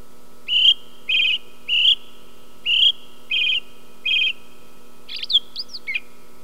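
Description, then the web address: Song thrush repeating a buzzy high note six times, then a few squeaky whistles, against a constant faint hum. "sons oiseaux grive musicienne"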